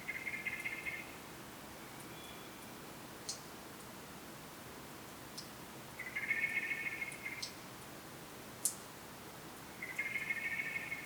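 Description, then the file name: Common blackbird sounding three harsh buzzing calls spread over several seconds, with occasional clicks and quiet hiss between them. "Turdus merula"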